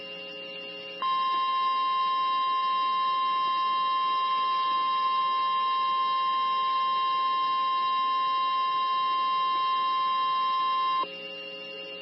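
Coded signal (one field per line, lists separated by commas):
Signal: Emergency Alert System (SAME) tones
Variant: 1050 Hz attention tone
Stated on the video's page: Real National Weather Service SAME alerts, mostly tornado warnings, plus thunderstorm warnings, watches, statements and a special marine warning.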